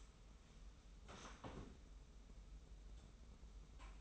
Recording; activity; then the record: daily activity, microphone in the room; sit down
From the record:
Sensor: 1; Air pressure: 994.4 hPa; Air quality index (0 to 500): 221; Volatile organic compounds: 1000 ppm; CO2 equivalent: 7926 ppm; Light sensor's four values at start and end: 127/285/129/140 and 129/291/131/143